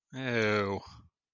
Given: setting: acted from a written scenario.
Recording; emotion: vocal sound without words; disgust